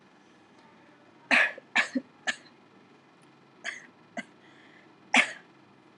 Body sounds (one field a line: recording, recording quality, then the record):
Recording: shallow voluntary cough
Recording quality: moderate, slight background noise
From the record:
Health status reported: healthy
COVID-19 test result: negative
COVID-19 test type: RT-PCR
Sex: female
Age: 21 years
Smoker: no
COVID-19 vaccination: one dose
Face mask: not worn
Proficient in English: yes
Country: India